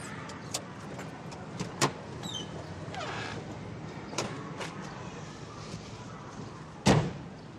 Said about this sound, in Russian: Зеленый автомобиль Сандра подъехал к обочине и стал под зелеными деревьями. Пара вышла из машины.